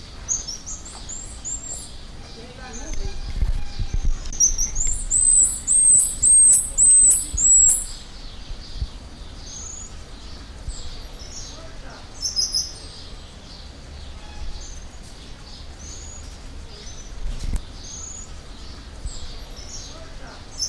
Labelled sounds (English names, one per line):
White-headed Marmoset call